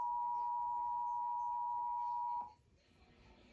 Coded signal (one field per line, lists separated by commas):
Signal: Emergency Alert System (SAME) tones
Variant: 853 and 960 Hz attention tone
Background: speech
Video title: February 2023 Texas Required Monthly Test (EAS #286-295)